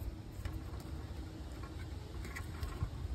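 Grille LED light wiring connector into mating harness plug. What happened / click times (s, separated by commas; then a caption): The light connector is being handled and has not yet clicked in / none. The wiring connector of a grille Raptor LED light on a 2019–2022 Toyota RAV4 is handled at its mating harness plug behind the front grille, ready to be pushed in. A steady low rumble runs throughout, with faint plastic ticks and taps around 0.5 s and 2.3–2.4 s. Nothing has seated or clicked yet.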